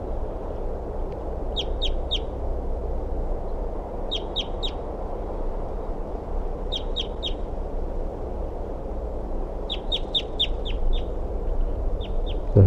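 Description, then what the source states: Crossbill calls: short, sharp, clipped notes in tight bursts, repeated every few seconds over a steady low rumble. Male near the nest tree, responding to other birds, 9:40 a.m.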